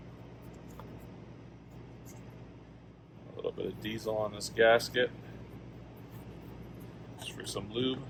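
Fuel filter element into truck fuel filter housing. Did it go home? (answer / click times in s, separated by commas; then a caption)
no / none. A new fuel filter element for a 2022 Duramax L5P truck is handled and its gasket lubricated with diesel before being pushed down into the fuel filter housing, while someone talks over a steady low hum. Short handling knocks are heard at about 0.8, 3.4 and 3.5 seconds. Nothing has seated or clicked yet.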